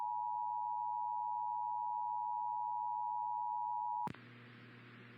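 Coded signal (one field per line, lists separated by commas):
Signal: Emergency Alert System (SAME) tones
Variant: 853 and 960 Hz attention tone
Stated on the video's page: Monthly tests received from Iowa and from Imperial and San Diego, California.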